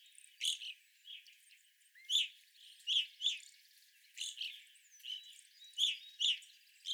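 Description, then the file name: Evening grosbeaks giving loud, burry single chirps at irregular intervals, with softer chatter and a few thin whistles between them. Several birds, recorded 25 April 2021. "2021-04-25 Evening Grosbeaks"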